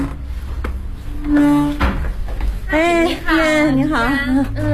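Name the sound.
door being pushed open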